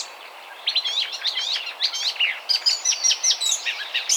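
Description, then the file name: Eurasian blackcap song: a quick run of varied, rich warbling phrases after a brief quiet start, continuous and lively, with a soft background hiss. "Sylvia atricapilla"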